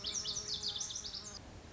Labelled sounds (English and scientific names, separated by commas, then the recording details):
Lazuli Bunting (Passerina amoena)
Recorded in Sonoma County, California